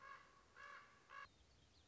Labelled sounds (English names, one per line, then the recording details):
Common Raven
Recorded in Sonoma County, California